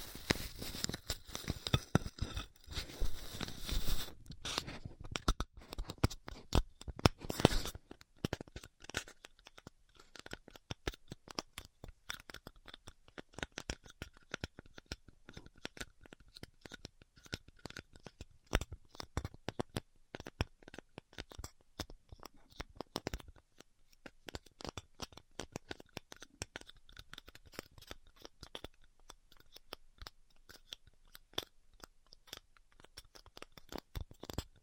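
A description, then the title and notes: Styrofoam being heat cut gives dense crackling and snapping, loudest and brightest in the first eight seconds, then thinner, irregular ticks with a faint steady tone. ASMR Styrofoam Heat Cutting (No Talking).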